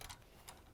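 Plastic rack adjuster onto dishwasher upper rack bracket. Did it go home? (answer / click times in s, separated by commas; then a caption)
no / none. A new plastic upper rack adjuster, part 8193741 for Whirlpool, KitchenAid and Maytag dishwashers, is handled while being slid down onto the upper rack bracket. A brief sharp transient opens the clip, followed by short bright broadband bursts around 0.1 s and 0.5 s over quiet, steady noise. Nothing has seated or clicked into place yet.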